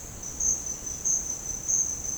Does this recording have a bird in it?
no